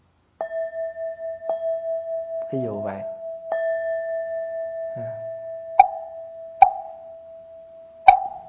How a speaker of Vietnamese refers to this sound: Thì thường thường cái cách chúng ta ở đây là chúng ta thỉnh 3 tiếng, phải không? 3 tiếng chuông.